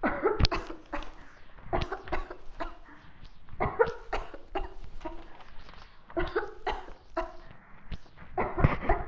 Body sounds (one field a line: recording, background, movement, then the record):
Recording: voluntary coughing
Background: quiet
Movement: walking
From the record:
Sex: female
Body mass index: 18.8 kg/m2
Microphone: on the chest, facing the body